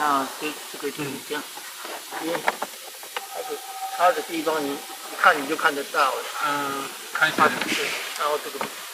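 A plastic clip on a cover or trim panel of a Hyundai Tucson L is handled during its 1000 km service, about to be pushed into its slot. Someone talks throughout over a steady background hiss. Nothing has seated or clicked yet.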